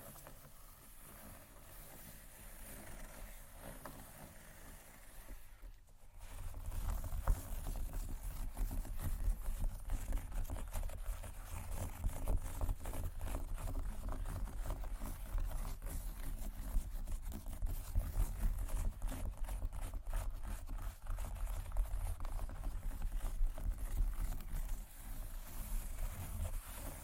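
Tapping and scratching on leather bags: a dense, irregular run of small clicks and scrapes that never settles into a steady rhythm. The first six seconds are quieter, then a heavy low rumble enters underneath and stays loud to the end.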